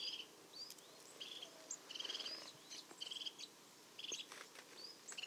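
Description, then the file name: Marsh tit calls: buzzy, nasal notes repeated about once a second, mixed with thin chirps and whistles from other birds. "Poecile palustris"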